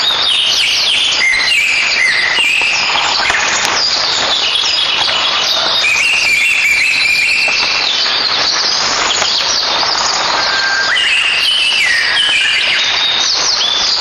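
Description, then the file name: Japanese thrush song: short whistled phrases in varied pitches, partly buried under a loud, steady rushing hiss. Togakushi, Japan, 24 May 2009, 06:01. "クロツグミ 0905240601 戸隠"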